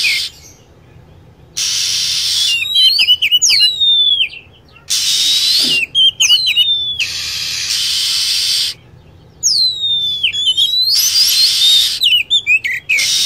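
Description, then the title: Lovebird calls: long, harsh chatter bursts interleaved with bright whistles that fall and then lift, plus brief high chips. Lure sound used to attract lovebirds. "PIKAT BURUNG LOVEBIRD"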